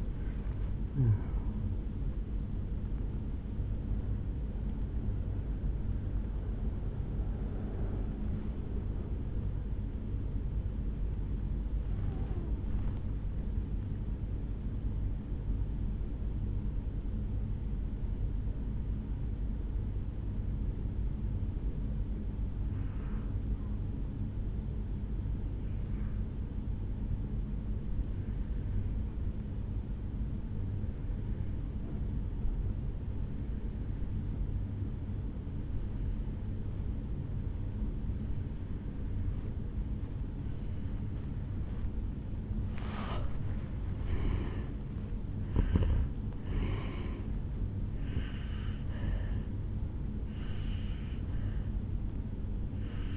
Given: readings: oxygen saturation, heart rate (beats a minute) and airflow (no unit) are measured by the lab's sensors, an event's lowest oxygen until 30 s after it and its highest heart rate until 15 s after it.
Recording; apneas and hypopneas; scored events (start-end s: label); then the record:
breathing in sleep by a smartphone at the bedside; 1
9.00-43.20 s: obstructive apnea (N1, oxygen 98% highest, then 84% lowest, heart rate 53 at the start, 75 highest)
9.00-53.17 s: new sleep stage, N1 (lightest sleep)
From the record:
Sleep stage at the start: N2 (light sleep); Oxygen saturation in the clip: 83 to 98%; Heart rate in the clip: 53 to 81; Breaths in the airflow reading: 4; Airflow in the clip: -9.7 to 8.8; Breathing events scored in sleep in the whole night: 449 in 7.0 hours asleep